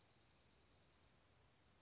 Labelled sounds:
California Towhee (Melozone crissalis)
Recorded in Sonoma County, California

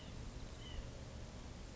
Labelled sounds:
White-breasted Nuthatch (Sitta carolinensis)
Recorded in Sonoma County, California

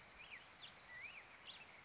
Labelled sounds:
Black-headed Grosbeak (Pheucticus melanocephalus)
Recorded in Sonoma County, California

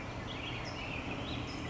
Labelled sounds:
California Towhee (Melozone crissalis)
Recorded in Sonoma County, California

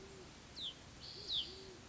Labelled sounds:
Band-tailed Pigeon (Patagioenas fasciata)
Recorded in Sonoma County, California

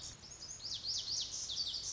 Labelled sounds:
Lazuli Bunting (Passerina amoena)
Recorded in Sonoma County, California

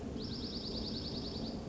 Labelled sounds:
Dark-eyed Junco (Junco hyemalis)
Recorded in Sonoma County, California

